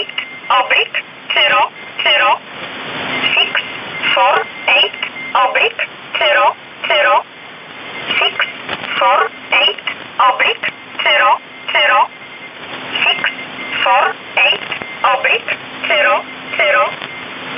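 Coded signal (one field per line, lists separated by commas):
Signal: numbers station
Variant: E11 Oblique, English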